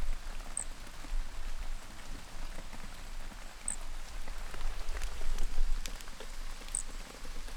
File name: MHNCI Brachycephalus sp Trilha do Corisco ind 3 microfone flutuou 12 dez 2017